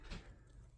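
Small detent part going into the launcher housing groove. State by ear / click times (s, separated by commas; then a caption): not seated / none. A small detent part is handled as it is seated into its groove near the detent notches inside a Byrna CL launcher housing. A brief soft handling rustle peaks around 0.1 to 0.2 s over a low background hum, then fades. Nothing has seated or clicked yet.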